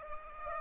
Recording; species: mosquito wingbeat signal from an infrared sensor; Aedes aegypti